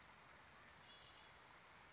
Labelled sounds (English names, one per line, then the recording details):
Red-winged Blackbird
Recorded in Sonoma County, California